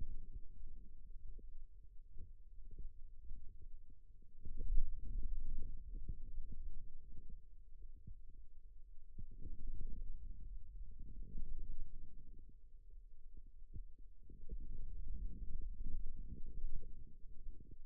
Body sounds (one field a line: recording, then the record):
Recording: forearm muscle sounds (acoustic myography)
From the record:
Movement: radial deviation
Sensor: system 2, bracelet of six BSWA MPA416 microphones around the upper forearm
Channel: 5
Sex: male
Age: 22 years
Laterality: right